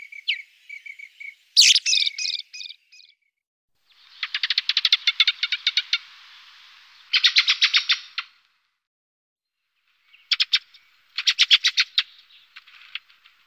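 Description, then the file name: Ring ouzel giving twittery phrases and long dry rattling trills, broken by a short pause before more rattles. "beflijster ring ouzel"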